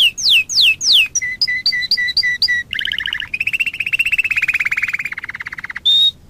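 Waterslager canary singing a varied song: quick descending whistled notes, then a series of short chirps, a long rapid rolling trill, and a final clear whistle.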